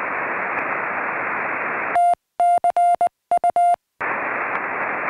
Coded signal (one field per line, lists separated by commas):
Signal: Morse code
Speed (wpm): 20 wpm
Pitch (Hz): 700 Hz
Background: radio noise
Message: TCU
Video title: Summits on the Air “Activation Zones” – Spitz Hill W7A/CS-032 SOTA activation